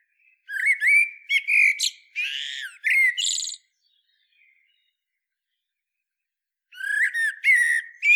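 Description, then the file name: Common blackbird uttering clusters of coarse, squawking notes, a pause, then another short run of similar squawks. "Turdus merula"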